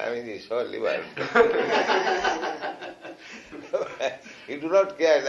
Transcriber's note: laughter